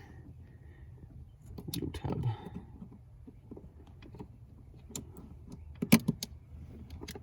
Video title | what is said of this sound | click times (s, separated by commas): iDrive Throttle Controller - Un boxing And Install Video - EXPLIANED - BEFORE AND AFTER REVIEW! | it clicks like so so | 5.9 s, 6.2 s